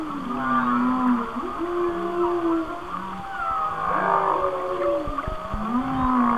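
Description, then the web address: Whale song: long low moans that bend and waver, layered with higher overlapping tonal whistles and swoops, continuous throughout. "Natures Songs Whale Songs Whale Songs- Mike Mc Donald"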